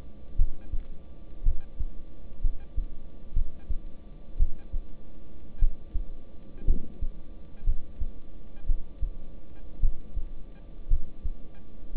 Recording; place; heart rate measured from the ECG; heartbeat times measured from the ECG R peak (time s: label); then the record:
heart sounds by stethoscope; between the tricuspid and mitral areas; 57 bpm
0.36 s: heartbeat
1.44 s: heartbeat
2.42 s: heartbeat
3.34 s: heartbeat
4.37 s: heartbeat
5.59 s: heartbeat
6.65 s: heartbeat
7.65 s: heartbeat
8.66 s: heartbeat
9.80 s: heartbeat
10.88 s: heartbeat
11.93 s: heartbeat
From the record:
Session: rest, lying down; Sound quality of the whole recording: good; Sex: male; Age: 26 years